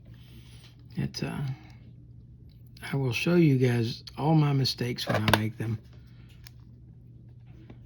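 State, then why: Partly seated. A small steel e-clip (retaining clip) is fitted onto its shaft while a Zebco 802 baitcaster fishing reel is being reassembled. Someone talks, a short sharp snap comes at 6.5 s, and faint small clicks and handling noises follow. The e-clip is not fully seated.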